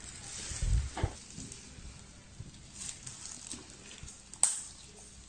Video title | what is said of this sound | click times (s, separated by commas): Vaginal Delivery | and do early cod clamping make sure there's a click | 4.4 s